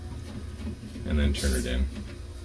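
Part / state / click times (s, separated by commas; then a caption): screw into stainless steel freezer panel threads / not seated / none. A screw sits in a threaded hole on a stainless steel freezer panel and is handled, being turned counterclockwise to find the thread start and avoid cross-threading, while someone talks. Nothing has clicked or seated yet.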